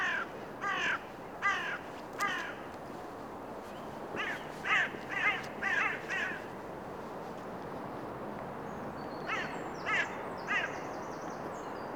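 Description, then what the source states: Bird calling with hoarse caws in loose series of three to five, separated by pauses, against a fairly loud background of wind-like noise and faint high chirps. Recorded in Oostduinen.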